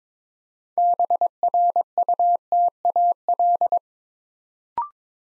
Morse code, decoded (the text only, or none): BRUTAL